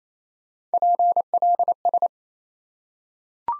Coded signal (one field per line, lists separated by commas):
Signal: Morse code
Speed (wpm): 28 wpm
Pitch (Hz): 700 Hz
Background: none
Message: PLS